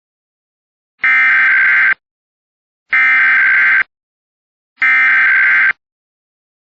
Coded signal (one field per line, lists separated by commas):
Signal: Emergency Alert System (SAME) tones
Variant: header bursts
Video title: EAS Recreation (03/04/25): Massachusetts RMT (March)